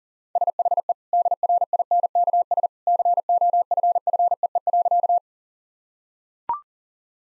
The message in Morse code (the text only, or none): SHE DRINKS COFFEE.